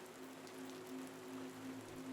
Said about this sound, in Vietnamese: Ai nấy đều nghe theo như đang chạy đua với cơn mưa giông đang kéo tới. Chỉ trong giây lát, lớp lá tràm dưới chân đã nghe lộp đợp tiếng nước mưa.